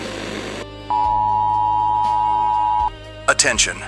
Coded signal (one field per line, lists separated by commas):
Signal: Emergency Alert System (SAME) tones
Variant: 853 and 960 Hz attention tone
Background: speech, music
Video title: U.S. Retaliates in WW3 Attack | EAS Fictional Alert Broadcast